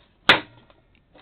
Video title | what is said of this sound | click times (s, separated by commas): Adding more stability to the new style GS-X tongs. | I'm going to push down on the arm itself and pop it into place snaps | 0.3 s